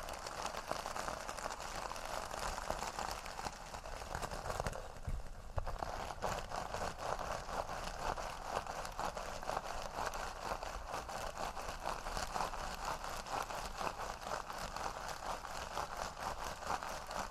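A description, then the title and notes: Metal scrubbers are crunched, rolled and squeezed, making a dense, continuous crinkling with countless tiny crackles. The sound is bright and scratchy, with a brief lull around five seconds before the steady crunching resumes and carries on to the end. TimASMR-Metal Scrubbers Crunchy Crinkles, Rolling, and Squeezing Triggers (NO TALKING).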